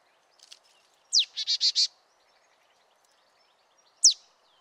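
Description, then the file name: Marsh tit call: a sharp high note sweeping steeply downward, then four buzzy notes in quick succession, and another lone downslurred note about three seconds later. "Poecile palustris"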